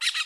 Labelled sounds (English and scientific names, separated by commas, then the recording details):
Brown-throated Parakeet (Eupsittula pertinax) contact call
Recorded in Curacao
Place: Road to Santa Cruz
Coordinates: 12.305, -69.141